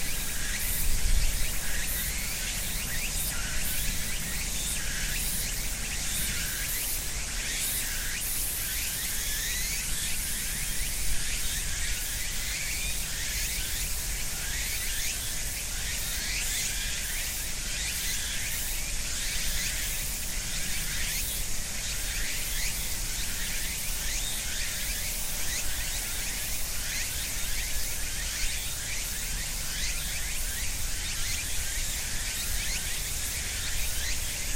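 Cicadas and other insects fill cherry trees between a small river and a residential neighborhood in Japan, a dense, steady hiss with a fast shimmering pulse in the upper range. A low rumble runs underneath throughout, and the level stays even for the whole stretch.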